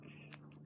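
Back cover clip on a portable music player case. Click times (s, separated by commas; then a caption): 0.3 s. The metal back cover is pried off the plastic case of a first-generation portable music player, and the back cover clip pops loose with a sharp click at 0.3 s. Two fainter ticks follow at about 0.5 s and 0.7 s over a steady low hum, and the clip is released.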